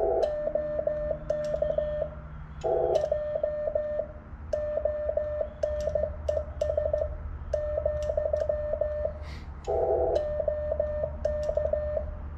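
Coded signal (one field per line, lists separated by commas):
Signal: Morse code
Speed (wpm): 15 wpm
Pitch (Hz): 1800 Hz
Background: radio noise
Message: OK J ONES , OK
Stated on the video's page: Morse CQ and contact sent mobile on 20 meters (14 MHz) through a Hustler RM-20 antenna on a magnet mount.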